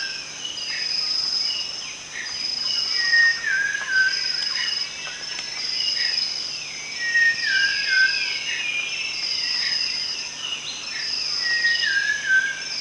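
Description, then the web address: Rufous-tailed shama singing short whistled notes, some descending, repeated at irregular intervals through a dense, constant insect chorus. Recorded at Danum on 1 January 2008. "DANUM 20080101. rufous-tailed shama"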